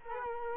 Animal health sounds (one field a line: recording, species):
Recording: mosquito wingbeat signal from an infrared sensor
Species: Culex quinquefasciatus